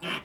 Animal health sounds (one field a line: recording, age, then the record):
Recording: pig call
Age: piglet (1 to 25 days)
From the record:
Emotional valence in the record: negative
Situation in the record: restrain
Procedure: sham castration, fixation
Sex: male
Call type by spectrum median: low-frequency call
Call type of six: low-frequency tonal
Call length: 0.25 s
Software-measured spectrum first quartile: 764 Hz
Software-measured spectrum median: 1820 Hz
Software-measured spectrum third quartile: 2797 Hz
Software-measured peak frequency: 3062 Hz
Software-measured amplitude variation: 121 dB a second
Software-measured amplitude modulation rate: 17.9 a second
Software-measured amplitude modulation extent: 6.7 dB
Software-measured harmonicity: -0.2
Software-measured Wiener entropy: -0.74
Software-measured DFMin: 450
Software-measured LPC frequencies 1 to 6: 1327, 2484, 3042, 5292, 6810, 7860 Hz